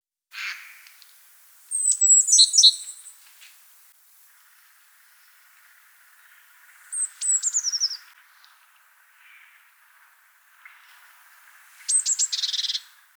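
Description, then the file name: Eurasian blue tit calls: short bursts of high, sharply downslurred notes with a buzzy edge, given in three separate clusters several seconds apart. "Cyanistes caeruleus"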